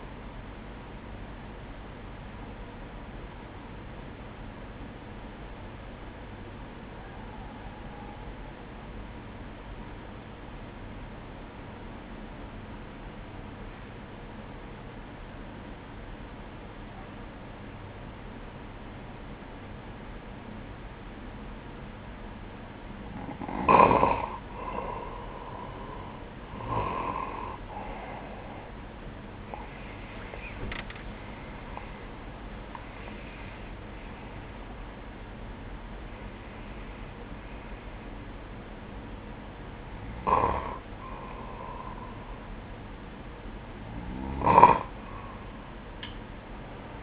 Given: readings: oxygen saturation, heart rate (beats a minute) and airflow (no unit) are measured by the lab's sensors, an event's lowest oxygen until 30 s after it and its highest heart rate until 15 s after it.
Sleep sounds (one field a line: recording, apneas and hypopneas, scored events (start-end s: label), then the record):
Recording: breathing in sleep by a voice recorder at the bedside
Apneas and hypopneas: 1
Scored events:
3.00-24.80 s: obstructive apnea (N1, oxygen 97% highest, then 92% lowest, heart rate 56 at the start, 76 highest)
From the record:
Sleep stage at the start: N1 (lightest sleep)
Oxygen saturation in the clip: 92 to 97%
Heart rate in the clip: 56 to 76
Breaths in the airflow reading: 7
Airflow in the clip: -13.7 to 13.5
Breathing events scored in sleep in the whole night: 180 in 6.7 hours asleep